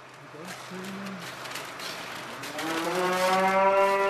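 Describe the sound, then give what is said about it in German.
Cattle moo in the calving area of the Korkendamm experimental farm in Schleswig-Holstein, 50 km south of Kiel: a low, steady moo early on, then a longer, louder call that rises in pitch and carries to the end, over a constant background hum. “Wir befinden uns gerade im Abkalbebereich.”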